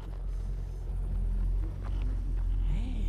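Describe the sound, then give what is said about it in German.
A car with tinted windows approaches with a deep, steady engine rumble that swells slightly toward the end, under a faint higher hiss and no voices. “Ein Auto kommt!”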